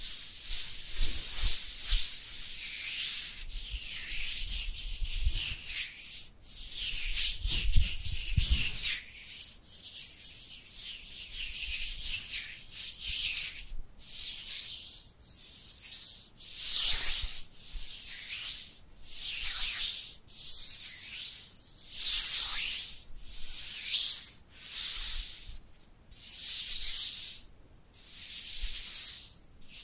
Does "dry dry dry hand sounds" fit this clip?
yes